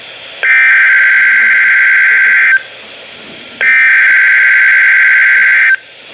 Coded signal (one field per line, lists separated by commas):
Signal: Emergency Alert System (SAME) tones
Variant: header bursts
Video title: Flash Flood Warning + WEA Activation FOR MY COUNTY!!! (EAS #1,606)